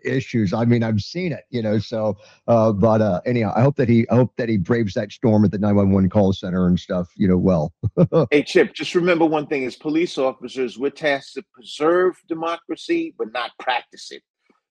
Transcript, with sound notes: I mean, I've seen it, you know, so, uh, but, uh, anyhow, I hope that he, I hope that he braves that storm at the 911 call center and stuff, you know, well.
(laughs)
Hey, Chip, just remember one thing. As police officers, we're tasked to preserve democracy, but not practice it.